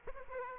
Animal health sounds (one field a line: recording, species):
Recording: mosquito wingbeat signal from an infrared sensor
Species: Aedes aegypti